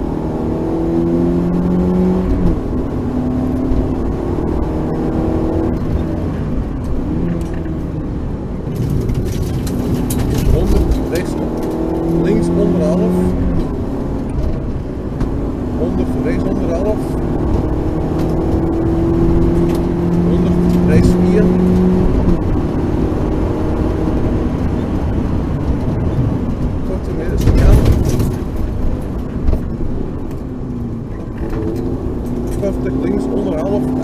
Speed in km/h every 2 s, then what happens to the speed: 83, 95, 96, 61, 60, 71, 86, 90, 102, 106, 114, 119, 106, 92, 54, 57, 71.
0-2 speeds up to 95. 4-6 brakes to 61. 8-23 speeds up to 119. 23-28 brakes to 54. 28-34 speeds up to 71.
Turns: none.